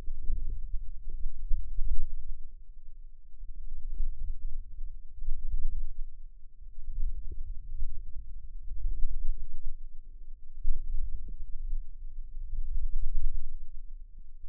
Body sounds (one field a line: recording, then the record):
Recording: forearm muscle sounds (acoustic myography)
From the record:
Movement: wrist extension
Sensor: system 2, bracelet of six BSWA MPA416 microphones around the upper forearm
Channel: 2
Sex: female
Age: 22 years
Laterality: right